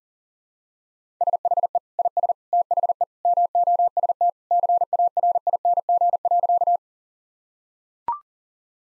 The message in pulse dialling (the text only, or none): none